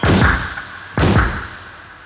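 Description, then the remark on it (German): Two heavy vehicle doors slam shut about a second apart, each a loud, booming thud with a metallic ring that fades slowly, with no voices. “Achtung, die Türen zu!”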